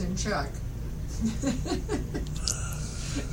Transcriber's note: laughter